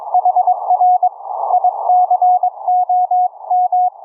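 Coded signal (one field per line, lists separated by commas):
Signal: Morse code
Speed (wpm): 22 wpm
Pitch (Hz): 730 Hz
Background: none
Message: HR ICOM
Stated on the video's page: Live 40 m HF CW QSO keyed with iambic paddles through an experimental homebrew remote rig using audio over IP.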